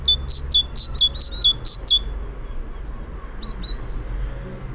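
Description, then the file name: Great tit calling, a brisk run of about eight paired high notes in two seconds, then quieter thin notes over faint low hum. "Parus major"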